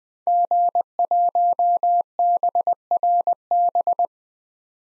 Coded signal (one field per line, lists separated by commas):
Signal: Morse code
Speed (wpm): 21 wpm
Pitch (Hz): 700 Hz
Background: none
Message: G1BRB